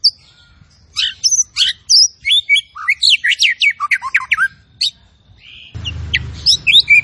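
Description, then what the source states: Zebra finch song made of quick high whistles and rattled downslurs in an energetic stream, with a low rumbling noise entering near the end. Masteran training audio of a tembakan bird singing actively (gacor).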